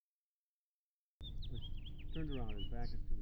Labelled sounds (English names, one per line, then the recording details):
House Finch song
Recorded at Hewlett Harbor on Long Island, New York, on 10 June 1975
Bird E